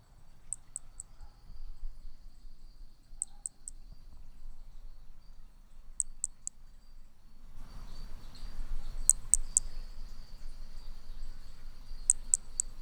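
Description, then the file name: Hermogenes's flea-toad: groups of three sharp, very high clicks spaced roughly every three seconds, with a faint hiss rising in the background midway. Individual 03, Picinguaba, 13 December 2017. "B hermogenesi Picinguaba ind 03 ex 03 sem detalhes 13 dez 2017 MRB"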